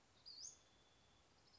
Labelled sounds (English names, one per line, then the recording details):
Western Flycatcher
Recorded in Sonoma County, California